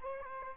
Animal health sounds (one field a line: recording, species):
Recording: mosquito wingbeat signal from an infrared sensor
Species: Aedes albopictus